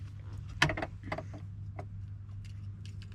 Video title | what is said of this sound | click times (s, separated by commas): 1989 Subaru brumby 1800 4WD Indicator cancellation hub | so put the spring on the new one push that in till it clicks | 0.6 s